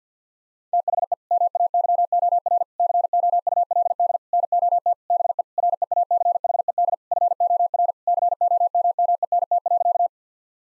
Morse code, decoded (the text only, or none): THE MAYOR COULD NOT BE REACHED FOR COMMENT.